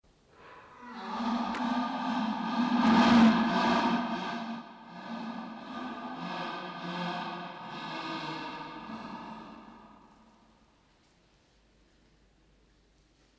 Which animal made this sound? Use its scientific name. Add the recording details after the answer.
Panthera pardus. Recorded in captivity. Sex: male. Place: Zoo Halle, Sachsen-Anhalt, DE. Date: 1989-04-08 10:12. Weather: sonnig, 18°C. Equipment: Sony WM-D6C, Kopie 19 cm. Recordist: Tembrock, Günter